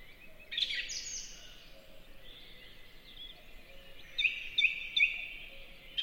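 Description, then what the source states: Song thrush singing a long slurred phrase, then one short whistled note repeated three times in quick succession. Beautiful, peaceful song in a spring forest.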